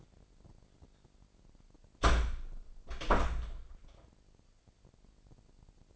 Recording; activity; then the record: daily activity, microphone in the room; close door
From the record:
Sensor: 5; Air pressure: 1012.4 hPa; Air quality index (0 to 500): 158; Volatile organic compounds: 2 ppm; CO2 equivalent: 1079 ppm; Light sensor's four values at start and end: 258/626/264/290 and 256/620/262/287